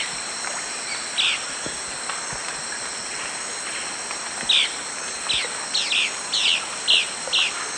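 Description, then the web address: Three-striped flycatcher singing brief, clipped falling notes: a single note early on, then after a quiet stretch they come quickly in the second half, with constant buzzing insects throughout. Eastern lowlands of Ecuador, South America. "Natures Songs S America Eastern Lowlands. Three-striped Flycatcher"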